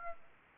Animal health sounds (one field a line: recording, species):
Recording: mosquito wingbeat signal from an infrared sensor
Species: Aedes aegypti